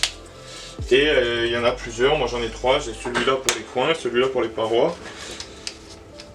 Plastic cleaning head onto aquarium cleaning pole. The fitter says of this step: avec différents embouts qui se clipsent comme ça là.